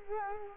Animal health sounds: mosquito wingbeat signal from an infrared sensor; Culex quinquefasciatus

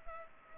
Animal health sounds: mosquito wingbeat signal from an infrared sensor; Culex pipiens

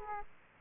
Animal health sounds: mosquito wingbeat signal from an infrared sensor; Aedes aegypti

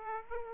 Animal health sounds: mosquito wingbeat signal from an infrared sensor; Aedes aegypti

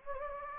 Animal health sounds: mosquito wingbeat signal from an infrared sensor; Anopheles gambiae

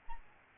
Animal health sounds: mosquito wingbeat signal from an infrared sensor; Aedes albopictus

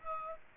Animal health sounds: mosquito wingbeat signal from an infrared sensor; Aedes aegypti

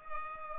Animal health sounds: mosquito wingbeat signal from an infrared sensor; Culex pipiens

